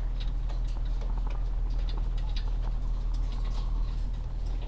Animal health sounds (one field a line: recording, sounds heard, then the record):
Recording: poultry house recording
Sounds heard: sick chickens (respiratory disease)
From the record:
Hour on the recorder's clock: 17